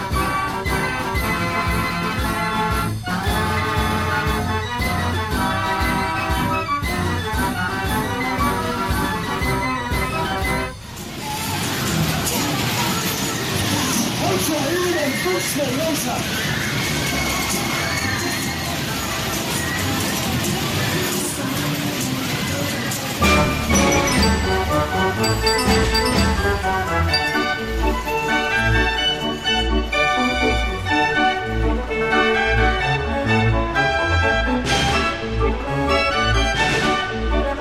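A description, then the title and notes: Fairground sounds in three stretches: loud rhythmic ride music with a steady thumping beat for the first ten seconds, then a dense wash of crowd noise, whirring machinery and shouts. From about 23 seconds a different tune with heavy low bass and sharp clattering takes over. Fairground Sounds.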